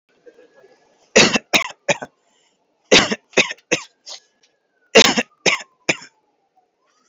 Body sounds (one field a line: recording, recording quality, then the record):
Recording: shallow voluntary cough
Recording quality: excellent, no background noise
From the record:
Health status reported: healthy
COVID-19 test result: negative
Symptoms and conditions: cough, diarrhoea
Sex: male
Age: 39 years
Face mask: not worn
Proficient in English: yes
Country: India